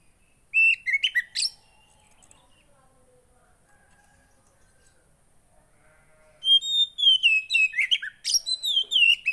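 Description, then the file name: Oriental magpie-robin song: a short whistled phrase with harsh notes, a quiet interval with faint thin tones, then a longer falling series of bright whistles. Kacer song that makes a caged kacer agitated. "Burung kacer anda langsung emosi dengar ini"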